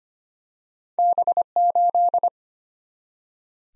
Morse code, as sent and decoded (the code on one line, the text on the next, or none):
-... ---..
B8